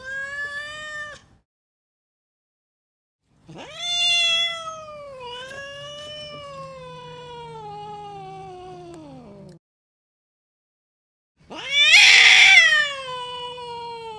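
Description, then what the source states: Cat yowling in three drawn-out wails, the middle one long and slowly falling, the last loud and harsh, with a faint low hum beneath. Angry cat meowing.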